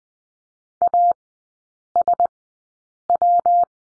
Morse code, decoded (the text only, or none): ASW